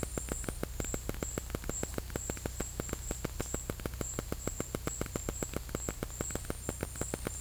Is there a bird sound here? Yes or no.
no